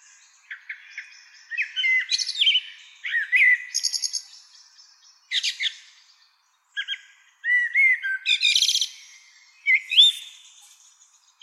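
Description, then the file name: Common blackbird song: short fluty warbled phrases around low-mid pitch, each ending in high squeaky twitters, given in bursts separated by brief pauses. "Turdus merula"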